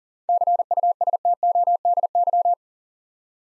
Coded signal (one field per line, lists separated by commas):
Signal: Morse code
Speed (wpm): 40 wpm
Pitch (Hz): 700 Hz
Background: none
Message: CUSTODY